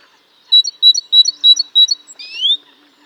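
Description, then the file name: Great tit call: five evenly spaced, sharp high chips, then a single rising slurred note at the end. "Parus major"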